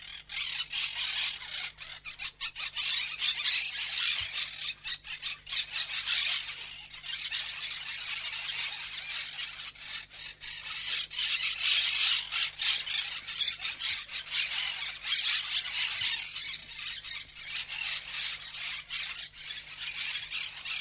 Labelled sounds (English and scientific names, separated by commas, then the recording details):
Monk Parakeet (Myiopsitta monachus) call
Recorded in captivity
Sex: group
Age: adult
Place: Zoo Halle, Sachsen-Anhalt, DE
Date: 2007-10-08 14:55
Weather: sonnig, 14°C
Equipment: Sony WM-D6C, Sennheiser ME 80, Kopie Uher 4000 Report Monitor
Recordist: Tembrock, Günter